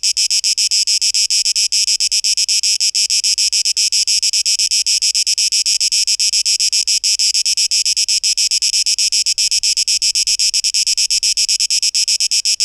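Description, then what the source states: Cicada buzzing, a high, rasping drone broken into quick repeated pulses, unchanging over the whole stretch. 12 August 2023; tape echo mix.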